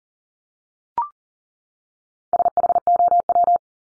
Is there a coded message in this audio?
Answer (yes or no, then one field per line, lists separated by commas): yes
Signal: Morse code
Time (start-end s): 2.3-3.6 s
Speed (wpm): 37 wpm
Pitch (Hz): 700 Hz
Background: none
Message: SHOW